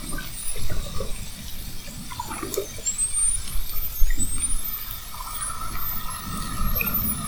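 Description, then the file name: Spinner dolphin whistles, a run of high rising sweeps in the later part, some overlapping, above steady low underwater noise and occasional knocks. Whistles of spinner dolphins recorded at Fernando de Noronha. "Sons rotadores FN assovios"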